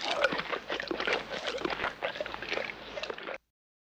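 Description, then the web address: Bear chewing wetly, crunchy smacking bites for about three seconds before it cuts to silence. Eating, with wet chewing sounds. "bear eating and wet chewing"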